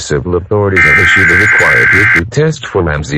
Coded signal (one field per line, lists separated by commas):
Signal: Emergency Alert System (SAME) tones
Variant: header bursts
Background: speech